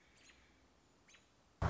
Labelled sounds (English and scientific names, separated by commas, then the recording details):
American Robin (Turdus migratorius)
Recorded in Sonoma County, California